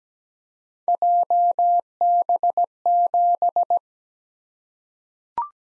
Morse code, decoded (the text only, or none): JB7